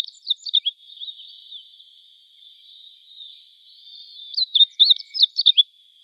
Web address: Schulze Peter Meadow Bunting song